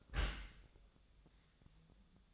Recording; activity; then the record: daily activity, microphone in the room; close dishwasher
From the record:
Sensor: 3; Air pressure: 1004.7 hPa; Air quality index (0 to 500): 100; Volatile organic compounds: 4 ppm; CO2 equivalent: 1567 ppm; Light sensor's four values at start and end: 7/17/7/7 and 7/17/7/7